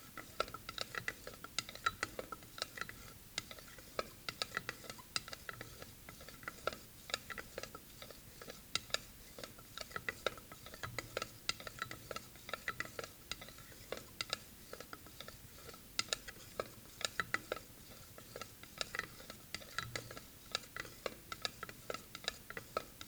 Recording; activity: daily activity, guitar pickup as the sensor; fry